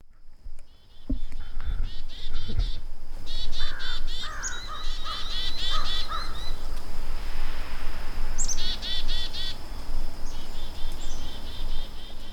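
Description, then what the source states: Chickadees giving harsh, buzzy mobbing calls in repeated bursts over a steady low rumble, with a crow calling in the background. Chickadees mobbing a bird predator such as a merlin or Cooper's hawk, joined by other animals; a crow calls in the background.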